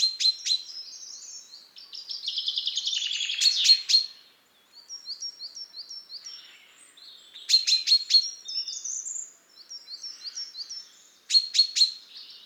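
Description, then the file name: Common chaffinch singing: a song with a descending trill ending in a flourish, then further loud bursts of notes, with softer twittering between. "Fringilla coelebs"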